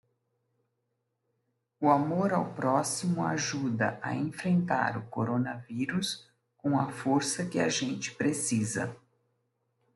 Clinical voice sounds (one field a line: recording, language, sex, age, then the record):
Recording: spoken sentence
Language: Brazilian Portuguese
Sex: female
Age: 60 to 69 years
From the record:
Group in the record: control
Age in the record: 64 years